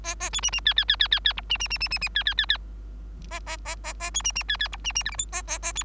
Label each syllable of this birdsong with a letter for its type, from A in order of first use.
A A B C C D D D D D D E C C C C C C D D D D A A A A A B C C D D E C C F G H A A A B